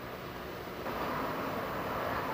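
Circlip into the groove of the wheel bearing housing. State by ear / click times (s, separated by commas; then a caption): not seated / none. A circlip (snap ring) is being handled at the groove of a wheel bearing housing during a wheel bearing job. Only a steady low rumble of background noise is heard, getting a little louder partway through, with no distinct hit. Nothing has seated or clicked into the groove yet.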